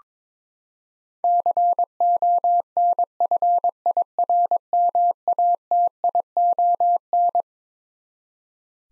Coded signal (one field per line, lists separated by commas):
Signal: Morse code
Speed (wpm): 22 wpm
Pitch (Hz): 700 Hz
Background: none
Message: CONFIRMATION